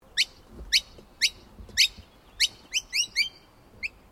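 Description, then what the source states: Noisy miner calls: a series of sharp, rising high chirps repeated about every half second, then a quicker cluster of bright notes and a final chirp. Call sequence.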